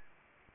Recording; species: mosquito wingbeat signal from an infrared sensor; Anopheles arabiensis